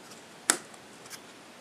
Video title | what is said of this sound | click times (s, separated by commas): ComputerBuild 05: RAM (Memory) | heard that click there that means it's in | 0.5 s